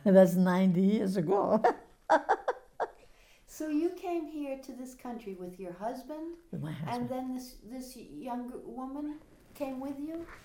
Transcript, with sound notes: That's ninety years ago! [Laughs]
So you came here to this country with your husband, and then this young woman came with you?